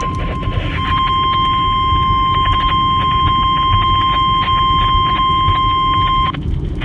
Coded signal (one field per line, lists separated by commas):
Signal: Emergency Alert System (SAME) tones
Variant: 1050 Hz attention tone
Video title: YEA ITS NADER SEASON BOYS (EAS 77-82)